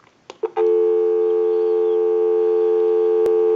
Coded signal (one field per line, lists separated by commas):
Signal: telephone call progress tone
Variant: North America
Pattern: dial tone